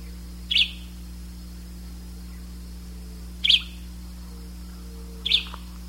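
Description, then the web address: Bird calls, three short high chirps spaced a few seconds apart over a steady low hum. "BIRD 2015 SABIOD"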